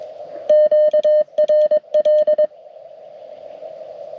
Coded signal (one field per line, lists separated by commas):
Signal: Morse code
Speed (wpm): 22 wpm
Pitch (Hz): 610 Hz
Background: none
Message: QRL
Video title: Gravel Roads and Radio Codes: A Successful CW Activation!